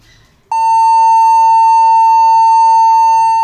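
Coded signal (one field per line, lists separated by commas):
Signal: beep code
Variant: HP laptop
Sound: faint room noise, then one loud steady continuous beep that doesn't stop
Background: room noise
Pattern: 1 continuous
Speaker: यहां इस लैपटॉप से कंटीन्यूअसली बीप साउंड हम लोग को मिल रहा है तो लॉन्ग बीप हम लोगों को मिल रहा है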